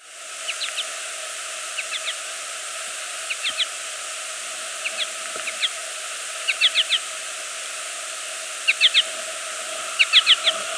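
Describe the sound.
American goldfinch giving short high chirping notes in small clusters of two to four, repeated every one to two seconds over a steady hiss.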